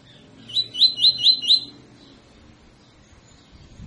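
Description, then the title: Double-collared seedeater song: five evenly spaced, high, upslurred whistled notes in quick succession, followed by quiet with a faint low rumble. Tutor song (canto professor) for training birds; tui tui song style; bird described as fibra. "COLEIRO TUI TUI FIBRA CANTO PROFESSOR"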